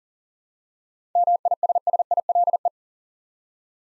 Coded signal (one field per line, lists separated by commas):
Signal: Morse code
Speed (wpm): 42 wpm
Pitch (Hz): 700 Hz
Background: none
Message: MISSILE